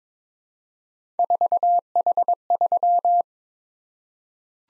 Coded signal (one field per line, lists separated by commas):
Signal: Morse code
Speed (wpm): 22 wpm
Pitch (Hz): 700 Hz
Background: none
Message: 4H3